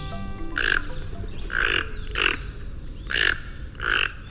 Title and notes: The Toco Toucan of South America. BirdNote